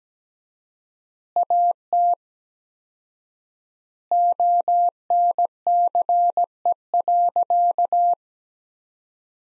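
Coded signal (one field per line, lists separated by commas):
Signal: Morse code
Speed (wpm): 17 wpm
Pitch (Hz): 700 Hz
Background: none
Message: AT ONCE.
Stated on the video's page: Morse practice sentences from the top 400 words at 17 wpm with 4x standard word spacing, a Farnsworth-like drill for head-copying.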